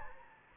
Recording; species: mosquito wingbeat signal from an infrared sensor; Anopheles gambiae